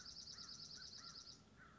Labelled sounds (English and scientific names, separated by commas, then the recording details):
American Crow (Corvus brachyrhynchos)
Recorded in Sonoma County, California